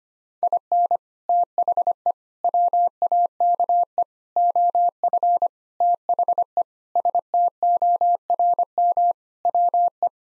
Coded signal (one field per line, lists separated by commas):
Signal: Morse code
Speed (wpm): 25 wpm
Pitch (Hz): 700 Hz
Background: none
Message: IN THE WAKE OF THE STORM WE